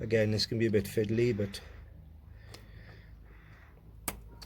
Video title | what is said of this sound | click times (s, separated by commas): LIFAN 125 chain & sprockets change | You'll hear him click and snap over, and then check he's | 4.1 s